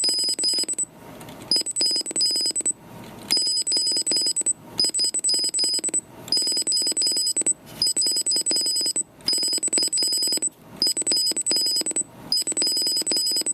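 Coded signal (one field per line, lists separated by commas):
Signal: data over sound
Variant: dual-tone FSK, 5/8 kHz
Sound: rapid clicking high-pitched beeps alternating between two tones, in about eight bursts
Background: room noise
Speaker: yes, we are using 5 kilohertz and 8 kilohertz. Yeah. yes, It's so it's dual tone modem. yes. Yeah. All right. So send something.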